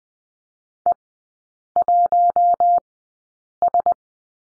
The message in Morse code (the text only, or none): E1S